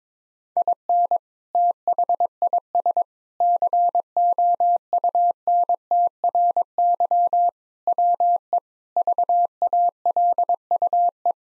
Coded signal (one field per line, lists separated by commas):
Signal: Morse code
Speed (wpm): 22 wpm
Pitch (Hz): 700 Hz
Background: none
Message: IN THIS COUNTRY WE VALUE